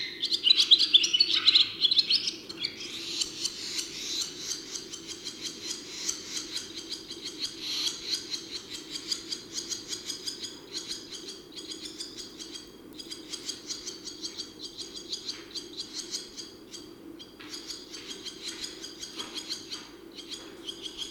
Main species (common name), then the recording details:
Barn Swallow. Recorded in the wild. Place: Schönfeld, Brandenburg, DE. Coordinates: 53.396, 14.001. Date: 1988-05-15. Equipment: Nagra III BH, Sennheiser MD 21, parabola. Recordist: Schubert, Michael. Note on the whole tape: Gesang Rauchschwalbe in der Phase des Nistplatzzeigens